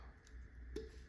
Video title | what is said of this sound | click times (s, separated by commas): Umarex T4e HDX 68 7.5j version out of the box JulV2 | you can hear it pop when I actually pulled it out | 0.8 s